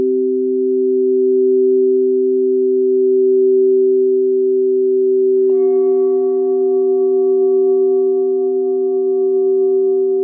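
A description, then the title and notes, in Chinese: A singing bowl hums with a steady, low ringing tone that holds even and unbroken from start to finish. Around the middle, a second stroke adds brighter, higher tones above the drone, and these ring on evenly to the end with no other sounds. 頌砵,冥想。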